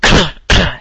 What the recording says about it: I'm feeling a little sick this week. I've got this slight cough. I'm feeling quite crook at the moment. It's probably mainly of the weather. It's been raining a lot near where I live, and it's just been pouring down.